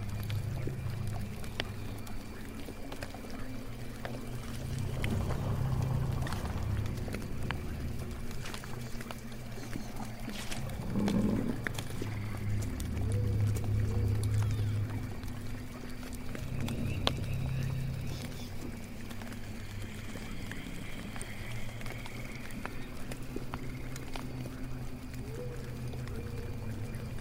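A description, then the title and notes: A swamp house ambience built on a steady, heavy low rumble that swells and thickens in patches around 5–8 and 12–17 seconds. Faint bubbling, creaks and scattered small clicks surface throughout, with a few drawn-out wavering tones rising briefly above the murk. Witch's swamp house ambience.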